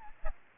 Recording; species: mosquito wingbeat signal from an infrared sensor; Aedes aegypti